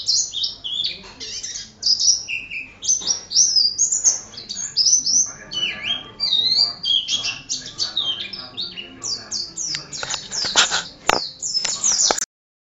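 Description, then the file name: White-eye singing a long, rapid, high-pitched twittering jumble of chirps and trills that barely pauses, ending with a few sharp clicks. Excited song style called ngalas. "suara burung pleci ngalas omkicaudotcom"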